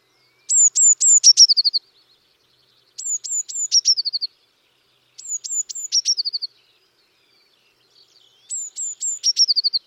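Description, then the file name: Eurasian Blue Tit song: a few high sharp notes dropping into a rapid trill, phrase given four times a few seconds apart, otherwise quiet. "Cyanistes caeruleus"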